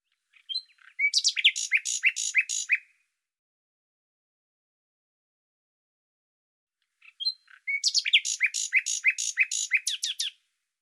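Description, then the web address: Bird song in two matching phrases, a couple of introductory notes then a jumbled rapid trill of high sharp notes, spaced several seconds apart. "Deverinetal 2025"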